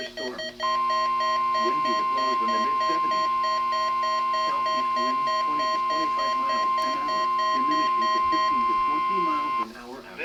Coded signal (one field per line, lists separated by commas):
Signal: Emergency Alert System (SAME) tones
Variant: 1050 Hz attention tone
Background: speech, music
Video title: CRP RWTs (EAS 122-123)